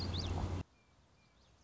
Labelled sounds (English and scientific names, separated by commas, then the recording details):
Common Yellowthroat (Geothlypis trichas)
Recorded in Sonoma County, California